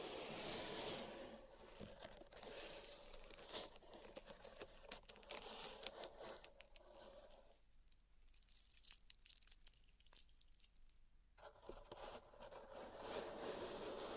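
Pink salt in a zen garden being raked and scraped, a dense gritty crunching full of sharp little crackles. Around the eight-second mark it thins to scattered ticks and grains, then the fuller scraping returns for the last few seconds.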